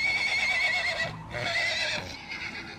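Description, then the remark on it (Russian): Small horses neighing restlessly in bitter cold as they are pushed on top of men lying down, two long, shrill, quavering whinnies with a brief pause between them, loud and sustained, with a rougher third call trailing at the end. “теснился как мог, пропустив мокрые докторские колени у себя между ног, выпихивая беспокойно ржущих лошадок на себя сверху и на доктора, лежащего на левом боку.”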